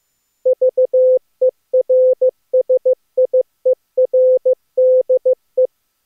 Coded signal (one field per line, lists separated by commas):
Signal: Morse code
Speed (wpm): 20 wpm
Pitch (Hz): 510 Hz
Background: none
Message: VERSIERDE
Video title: Daily Minutes, December 25, 2015, without the Contestia